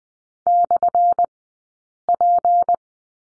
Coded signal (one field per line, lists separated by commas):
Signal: Morse code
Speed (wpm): 20 wpm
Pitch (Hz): 700 Hz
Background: none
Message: /P